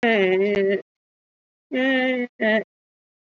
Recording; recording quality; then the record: sustained vowel as in made; poor, much background noise or distortion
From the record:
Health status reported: COVID-19 positive, mild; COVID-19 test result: positive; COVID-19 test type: RT-PCR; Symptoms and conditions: cough, sore throat, fever, fatigue, hypertension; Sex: female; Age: 50 years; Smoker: no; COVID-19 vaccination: one dose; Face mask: worn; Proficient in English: no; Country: India